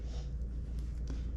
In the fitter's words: Now, I hear that little click.